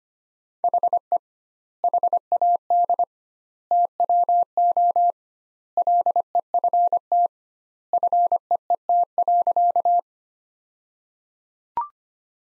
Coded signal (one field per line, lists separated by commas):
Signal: Morse code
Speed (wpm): 25 wpm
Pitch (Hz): 700 Hz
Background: none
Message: HE HAD TWO LEFT FEET.